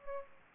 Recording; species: mosquito wingbeat signal from an infrared sensor; Aedes aegypti